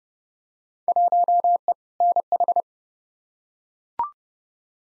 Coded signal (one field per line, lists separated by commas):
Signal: Morse code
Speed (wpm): 30 wpm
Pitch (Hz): 700 Hz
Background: none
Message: 1E NH